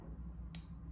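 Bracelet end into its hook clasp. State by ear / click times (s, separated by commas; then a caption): seated / 0.5 s. The end of a rose gold metal Chaumet Bee My Love bracelet is fitted into its hook clasp on a wrist, over a steady low background hum. A single short, sharp, bright click sounds at 0.5 s as the end catches in the hook, and the clasp is seated.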